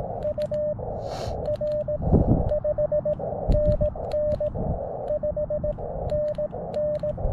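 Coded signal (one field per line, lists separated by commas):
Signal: Morse code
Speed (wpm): 17 wpm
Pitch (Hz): 590 Hz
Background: radio noise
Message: U R 5NN 5NN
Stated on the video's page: Morse from a Summits On The Air activation on a hilltop, working stations including New Zealand.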